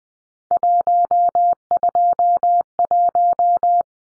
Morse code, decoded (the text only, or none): 121